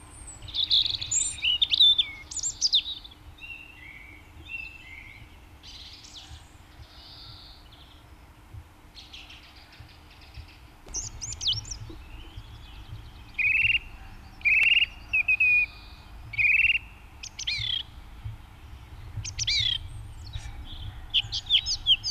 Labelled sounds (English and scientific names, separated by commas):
Song Thrush (Turdus philomelos) song